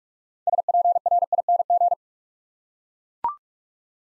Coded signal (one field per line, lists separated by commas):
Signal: Morse code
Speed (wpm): 44 wpm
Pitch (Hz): 700 Hz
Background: none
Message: SPRING